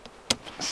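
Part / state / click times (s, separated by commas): tent body clip onto pole at top of tent / seated / 0.3 s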